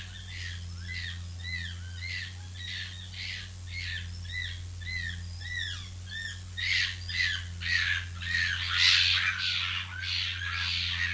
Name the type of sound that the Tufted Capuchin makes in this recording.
aggressive call